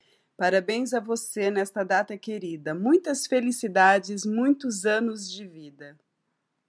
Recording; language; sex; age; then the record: short text; Brazilian Portuguese; female; 50 to 59 years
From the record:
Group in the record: control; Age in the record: 56 years